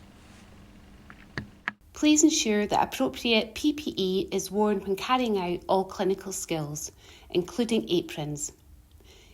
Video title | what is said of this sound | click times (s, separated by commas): Clinical Skills - Venepuncture | and then snap off the plunger. | 1.4 s, 1.7 s